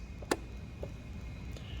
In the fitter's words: i'm going to insert the tab under here and i'm going to push it back down until it clicks